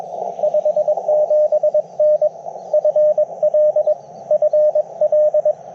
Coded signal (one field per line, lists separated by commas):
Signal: Morse code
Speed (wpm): 22 wpm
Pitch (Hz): 590 Hz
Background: radio noise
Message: 57N FL FL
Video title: Morning Morse Code - 06/17/2025